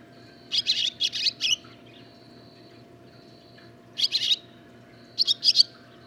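Barn swallow song: short bursts of grating twitter joined by thin steady whistled notes, with pauses between phrases and a low hum underneath.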